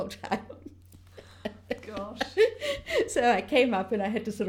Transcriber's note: laughs